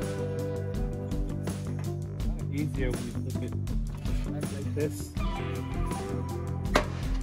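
Music plays and someone talks while the front fender of a 2007-2011 BMW 3 Series is pressed down onto its plastic body mounting clip during installation. A single sharp snap rings out at 6.8 seconds as the fender clip seats into place.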